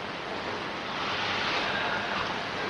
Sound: takes a large breath

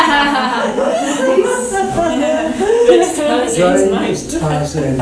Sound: lots of laughter

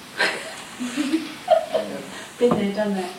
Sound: laughter

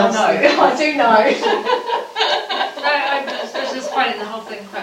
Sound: laughter

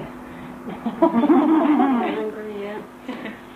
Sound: laughter

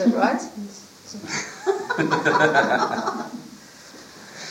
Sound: much laughter

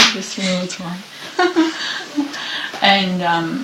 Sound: laughter

